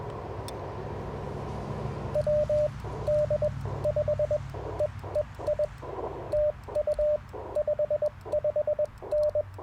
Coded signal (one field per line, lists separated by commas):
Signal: Morse code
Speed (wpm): 20 wpm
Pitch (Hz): 600 Hz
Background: radio noise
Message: WD5EEI TU 55N